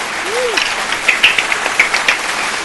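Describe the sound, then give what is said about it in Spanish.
A steady wash of applause, dense and fairly loud for a few seconds, with a few short high-pitched whistle-like chirps sprinkled through the clapping, celebrating Radio Anime Nexus's eighth anniversary on 3 August 2014. “Aplauso.”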